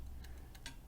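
The hinged metal side panel of a British post-WWII folding hexamine cooker is folded in and pushed over a small protuberance stamped into the metal body. A couple of faint ticks come first, then a sharper, brighter metallic tick at 0.7 s as the side snaps over the bump and locks in place.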